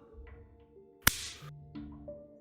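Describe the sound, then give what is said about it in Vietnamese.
A single sharp slap across the face, a loud crisp crack that stands out against a quiet, steady background of low tones, followed by a brief hissing tail. A man suddenly slaps a woman across the face. “Bất thình lình một cái tát từ Nam hướng thẳng vào mặt Vi, khiến cho cô ả đau đớn, lấy tay ôm một bên má.”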